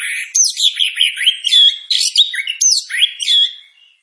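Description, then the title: Orange-headed thrush singing a fast, loud series of rising and falling whistled phrases mixed with harsh chirps, fading out at the end. Kept songbird described as singing vigorously with long-breathed, powerful song. "Anis Kembang Gacor Dor. Anis Kembang Gacor Istimewa Suara Dahsyat Nafas Panjang"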